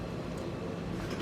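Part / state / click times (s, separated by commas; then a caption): door lock latch into its strike / not seated / none. A door lock latch is being handled against its strike, with a steady low rumble and no distinct transients. Nothing has seated or clicked yet.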